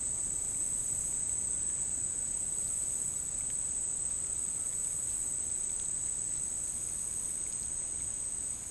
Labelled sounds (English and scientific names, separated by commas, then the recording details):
none
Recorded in dense forest near Puerto Asís, Putumayo, Colombia, on 27 June 2025 at 14:30
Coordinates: 0.503, -76.323
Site G059